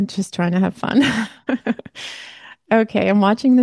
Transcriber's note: laughs